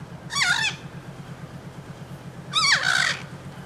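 Bird calls: two harsh, wavering caws about two seconds apart, each dropping in pitch at the end, over a steady low pulsing hum.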